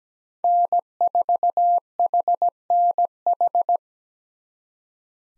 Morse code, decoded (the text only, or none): N4HNH